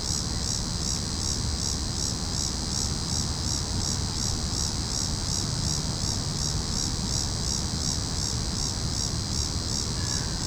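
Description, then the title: Cicadas in a dense, steady chorus, a loud high buzz pulsing rapidly and evenly throughout, over a low rumble of background noise. Cicadas calling in a tree. "neoscenes: cicadas in tree"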